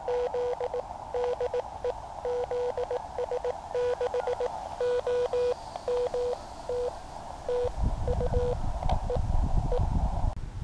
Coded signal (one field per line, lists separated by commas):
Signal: Morse code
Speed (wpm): 19 wpm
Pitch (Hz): 490 Hz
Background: none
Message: Z DE ZS6OMT TU EE